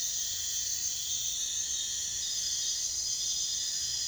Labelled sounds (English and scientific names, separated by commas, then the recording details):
none
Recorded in pastures near Puerto Asís, Putumayo, Colombia, on 22 June 2025 at 03:30
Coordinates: 0.466, -76.322
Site GP07